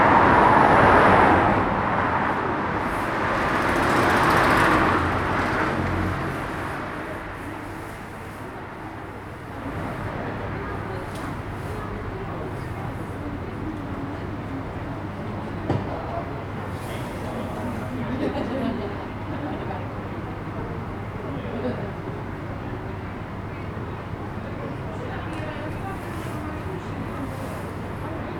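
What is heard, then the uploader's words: Traffic passes on an evening street, with a vehicle swelling loudly past in the first six seconds before fading. Afterward a steady low rumble remains, with a murmur of voices from people gathered across the street and an occasional sharp knock near the sixteen-second mark. Captured on a Friday evening on the street outside a small bar. Traffic is passing by as people are gathering in a bar opposite.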